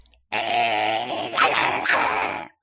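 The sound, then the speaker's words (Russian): A small lapdog, a bolonka named Bijou, growls at a guest in one sustained, rough rumble lasting about two seconds, with a slight rise in intensity partway through before it cuts off. No voices accompany it. “Зарычала она на меня.”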